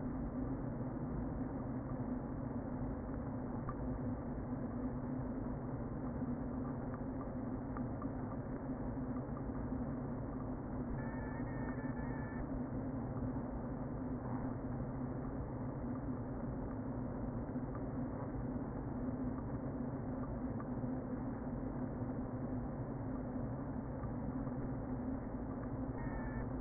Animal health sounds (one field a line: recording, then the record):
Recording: honeybee colony, microphone inside the hive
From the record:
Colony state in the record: queen present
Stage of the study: before two queens were removed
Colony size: about 60,000 bees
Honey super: yes